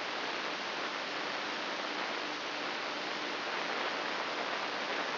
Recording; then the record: brain microelectrode recording played as sound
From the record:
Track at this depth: inside the subthalamic nucleus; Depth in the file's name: 4.385 mm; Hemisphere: left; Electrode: 2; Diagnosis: Parkinson's disease